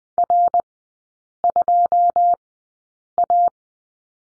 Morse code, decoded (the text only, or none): R2A